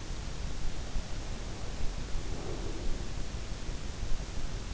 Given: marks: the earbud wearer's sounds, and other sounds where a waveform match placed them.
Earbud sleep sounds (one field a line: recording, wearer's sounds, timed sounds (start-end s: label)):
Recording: sounds in sleep by an in-ear microphone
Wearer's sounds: breath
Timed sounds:
0.94-3.52 s: breath